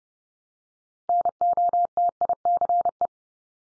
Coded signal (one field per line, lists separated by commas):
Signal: Morse code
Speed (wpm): 28 wpm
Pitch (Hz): 700 Hz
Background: none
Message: NOTICE